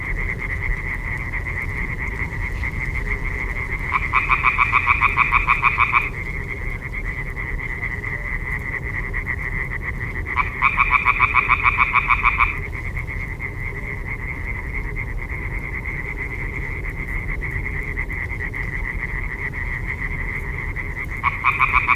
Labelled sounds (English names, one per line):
Common Tree Frog call